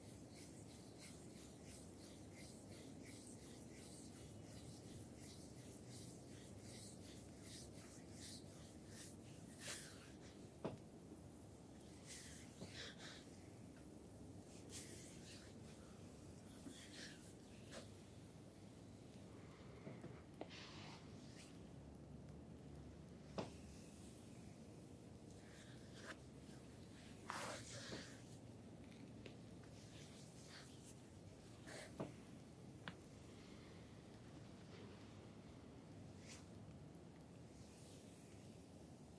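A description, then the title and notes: A foot massage with continuous rubbing and skin friction, a dense low rustle that holds steady throughout. Sharper brushing strokes and small clicks break through irregularly, clustering around 10–15 seconds and again near 20, 27 and 32 seconds. ASMR foot massage by Anna.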